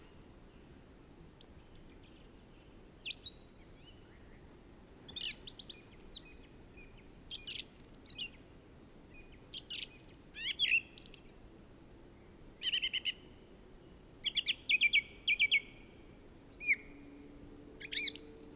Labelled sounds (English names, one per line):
Song Thrush song